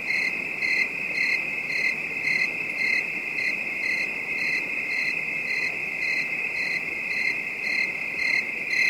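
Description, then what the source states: Crickets produce an unbroken shrill whine with regular short chirps layered on top, close to two per second. Night ambience; a calm, distant bed of high-pitched crickets.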